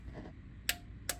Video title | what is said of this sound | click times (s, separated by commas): The Difference a Gearbox Oil Change Actually Makes | And we'll wait for the click. | 0.7 s, 1.1 s